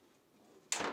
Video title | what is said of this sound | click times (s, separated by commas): How to replace Fisher & Paykel tub ring straps part # 420978P | install the lid align the lid with the hinges and firmly press down until it snaps in place now | 0.7 s